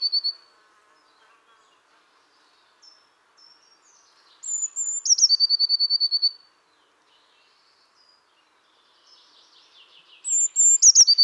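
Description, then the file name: Eurasian blue tit calls: a trill ending, thin high notes, then a high whistle and a fast buzzy trill of about a dozen notes, with a second phrase starting near the end and a sharp click. "Cyanistes caeruleus"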